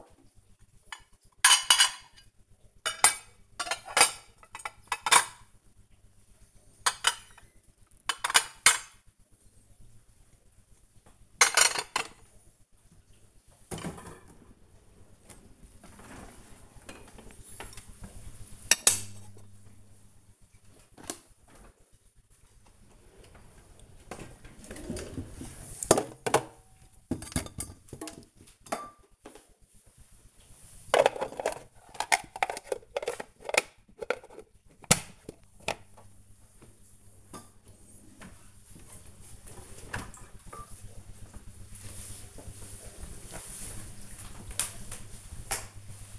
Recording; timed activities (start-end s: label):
household activities, microphone on the right wrist
0.00-40.31 s: putting away the dishes